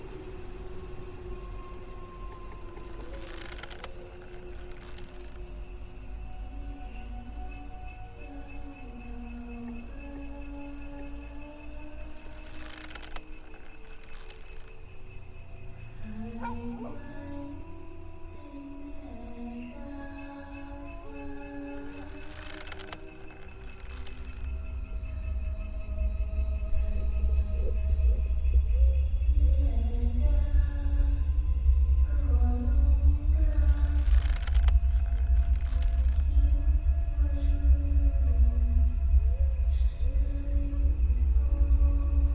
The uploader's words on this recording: Thai haunted cemetery ASMR Ambience เสียงบรรยากาศหลอนๆ ในป่าช้ากลางดึก. Female ghost walking around the cemetery looking for her lost baby , singing lullaby and call for help.